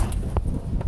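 The spring locking pin on a steel box-trailer tongue jack is let go and snaps into its locking hole with one sharp click at 0.4 s, over a steady low wind-like rumble with fainter ticks near 0.1 s and 0.8 s. The pin is seated in place.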